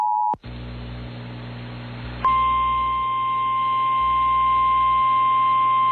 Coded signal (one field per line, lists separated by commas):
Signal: Emergency Alert System (SAME) tones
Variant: 853 and 960 Hz attention tone